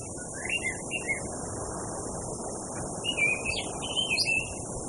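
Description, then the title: Orange-headed thrush giving varied whistled phrases, a few brief notes then a longer warbling run, over continuous roaring wind and high hiss. Anis merah with added wind sound, intended for therapy; anis kembang masteran training audio. "Anis Kembang 5. Suara Burung Anis Merah + Hembusan Angin Untuk Terapi"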